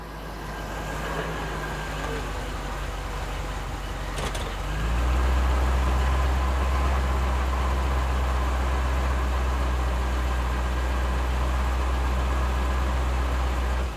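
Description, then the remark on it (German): A parked SUV's engine idles among the trees in a forest in autumn with a steady low rumble. A sharp click comes partway through as the engine shuts off, then the drone drops into a deeper, heavier hum that continues to the end. “Der Motor des geparkten SUVs erstirbt zwischen den Bäumen.”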